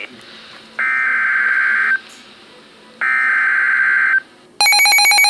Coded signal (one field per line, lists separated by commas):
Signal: Emergency Alert System (SAME) tones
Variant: header bursts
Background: speech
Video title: EXPANSION! Severe Thunderstorm Warning (EAS #3)